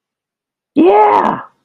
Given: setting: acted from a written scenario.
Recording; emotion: vocal sound without words; triumph